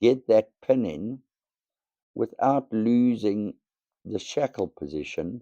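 A man talks while reassembling a disassembled Abus 72/30 padlock, with the key out and the shackle held 90 degrees open, as the metal retaining pin is handled to go into the lock body. Only speech is heard, with pauses between phrases. The retaining pin has not seated or clicked yet.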